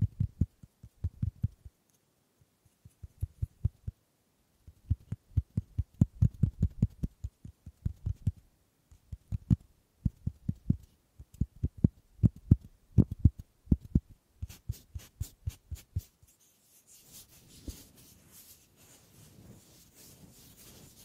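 Wood triggers: quick bursts of dull, thumping taps come in clusters for the first sixteen seconds, with short pauses between runs. Around fifteen seconds the taps turn sharper and brighter, then give way to a steady, softer scratching or rubbing texture until the end.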